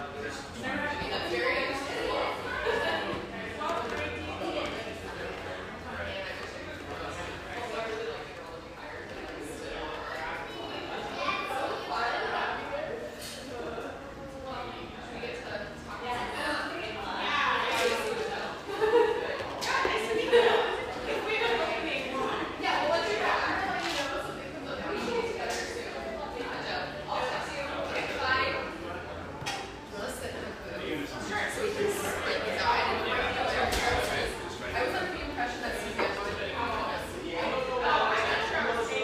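A busy espresso bar, thick with overlapping chatter from many voices that never lets up. Sharp clinks and clatter of cups and dishes pop out every second or two, and the crowd noise swells slightly around the middle and again toward the end.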